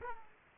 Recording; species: mosquito wingbeat signal from an infrared sensor; Aedes aegypti